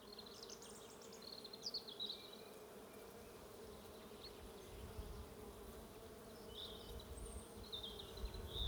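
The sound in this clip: Bees buzzing in a steady low drone, with a low rumble building in the second half.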